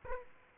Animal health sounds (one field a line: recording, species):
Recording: mosquito wingbeat signal from an infrared sensor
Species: Aedes aegypti